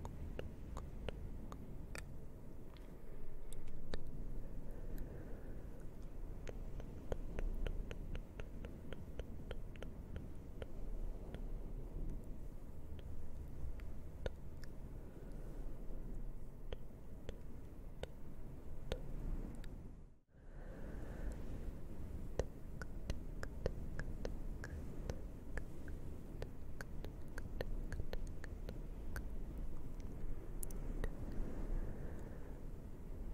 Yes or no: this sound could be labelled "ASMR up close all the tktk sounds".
yes